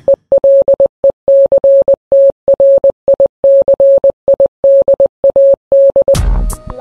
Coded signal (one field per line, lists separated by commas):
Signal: Morse code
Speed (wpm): 20 wpm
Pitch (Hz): 550 Hz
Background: none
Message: ELECTRICIDAD